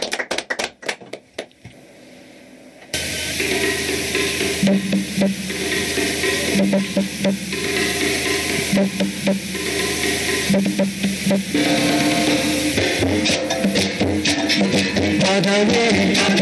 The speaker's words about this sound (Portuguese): E vamos pedir uma salva de palmas para o Mestre Moa, pelo menos, né? Ele esteja lá com a gente. Mestre Moa encantado.